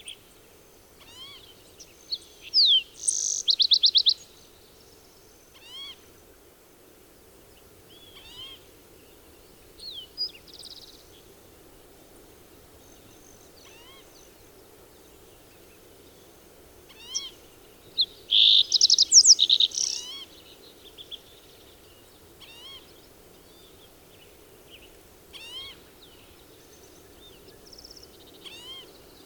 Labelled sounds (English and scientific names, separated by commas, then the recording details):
Green-tailed Towhee (Pipilo chlorurus)
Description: Green-tailed Towhee song and call recorded at Hollowell Park in Rocky Mountain National Park
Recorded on 30 June 2015